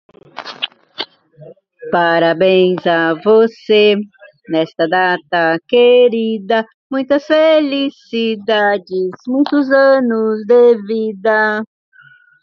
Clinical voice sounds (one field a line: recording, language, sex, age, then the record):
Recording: short text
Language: Brazilian Portuguese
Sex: female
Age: 60 to 69 years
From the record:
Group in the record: control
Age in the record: 66 years